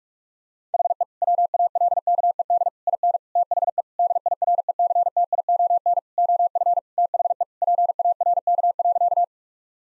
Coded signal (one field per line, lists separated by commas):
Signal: Morse code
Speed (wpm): 41 wpm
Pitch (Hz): 700 Hz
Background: none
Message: HE WALKED IN THE DIRECTION OF THE PARK.